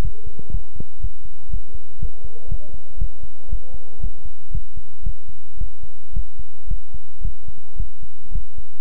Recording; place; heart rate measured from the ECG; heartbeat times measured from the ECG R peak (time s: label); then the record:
heart sounds by stethoscope; between the tricuspid and mitral areas; 116 bpm
0.00 s: heartbeat
0.50 s: heartbeat
0.99 s: heartbeat
1.49 s: heartbeat
1.98 s: heartbeat
2.47 s: heartbeat
2.97 s: heartbeat
3.48 s: heartbeat
3.99 s: heartbeat
4.50 s: heartbeat
5.02 s: heartbeat
5.57 s: heartbeat
6.12 s: heartbeat
6.67 s: heartbeat
7.21 s: heartbeat
7.76 s: heartbeat
8.31 s: heartbeat
From the record:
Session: pedaling a stationary bicycle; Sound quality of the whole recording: good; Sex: male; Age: 24 years